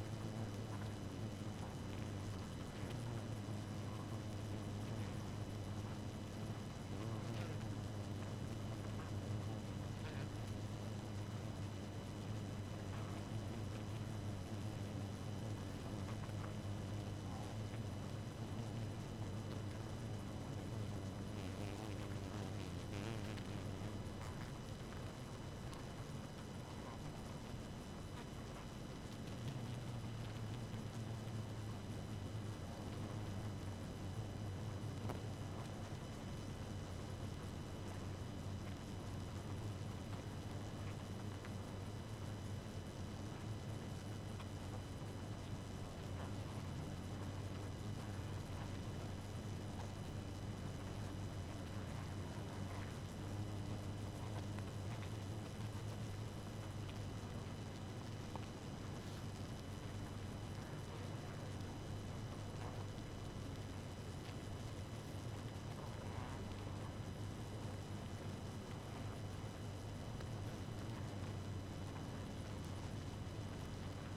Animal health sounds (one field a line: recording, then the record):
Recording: honeybee colony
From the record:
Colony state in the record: active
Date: 12 June 2018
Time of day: 1:58